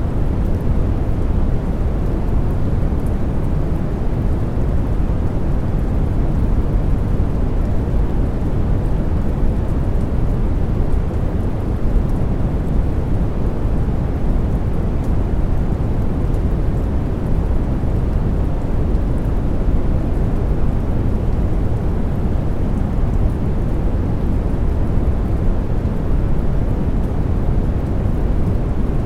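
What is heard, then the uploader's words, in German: Deep, steady brown noise rumbles without pause, blended with a soft, even hiss of falling rain, unchanging in loudness throughout. Braunes Rauschen | Mit sanften Regentönen. Mischung aus tiefen Tönen des Braunen Rauschens mit der zeitlosen Gelassenheit des fallenden Regens. Dies resultiert in einem tiefen, leisen Brummen, das von tieferen Frequenzen dominiert wird.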